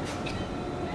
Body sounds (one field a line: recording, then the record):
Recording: coughing mixed with background sound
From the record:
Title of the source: Female coughing - Sound effects